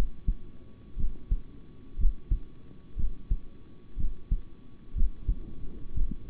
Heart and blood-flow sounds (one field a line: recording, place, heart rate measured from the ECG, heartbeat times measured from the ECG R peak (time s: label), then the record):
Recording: heart sounds by stethoscope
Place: between the tricuspid and mitral areas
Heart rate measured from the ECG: 60 bpm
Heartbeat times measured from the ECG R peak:
0.96 s: heartbeat
1.97 s: heartbeat
2.96 s: heartbeat
3.96 s: heartbeat
4.94 s: heartbeat
5.94 s: heartbeat
From the record:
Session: rest, sitting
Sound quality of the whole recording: good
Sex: male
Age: 26 years